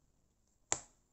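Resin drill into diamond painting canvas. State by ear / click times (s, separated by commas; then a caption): seated / 0.7 s. After the stylus is reloaded, a square resin drill is placed onto a diamond painting canvas and clicks into place. A single sharp, bright click lands at 0.7 s and fades quickly over a faint steady high-pitched hiss and low background rumble. The drill is seated.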